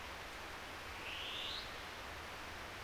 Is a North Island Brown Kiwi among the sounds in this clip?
no